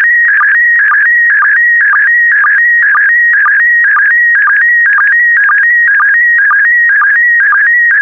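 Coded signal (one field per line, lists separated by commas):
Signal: SSTV (slow-scan television)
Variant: PD120 mode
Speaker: the next image transmission will start in 10 seconds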